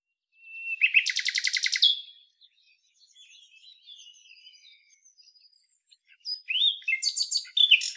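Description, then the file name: Common nightingale song opening with a loud, fast, repeated chattering burst, then soft warbled notes, ending in clear sharp varied phrases. "Luscinia megarhynchos"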